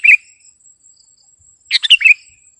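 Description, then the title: Sooty-headed bulbul song, one short phrase followed by a longer burst of chirpy, bubbly notes, with a steady high electronic-like whine in the background. "kutilang"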